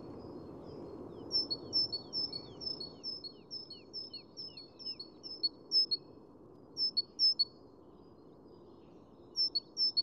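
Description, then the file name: Great tit singing two-note phrases, high then slightly lower, in a quick series with softer descending notes below, then brief renewed bursts near the end. "Parus major"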